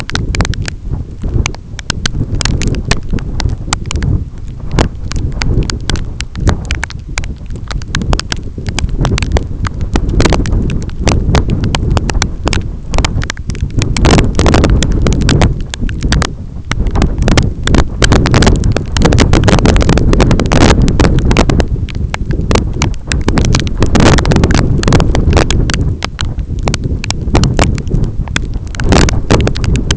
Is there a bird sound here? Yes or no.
no